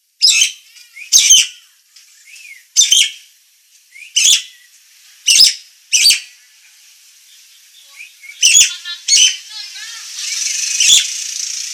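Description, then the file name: Nias hill myna giving single loud, rasping squawks at irregular intervals, with a hissing noise rising at the end. Indonesian name Jalak Nias; described as gacor (singing constantly) with a noisy voice. "Kicau Jalak Nias Gacor Suara Berisik"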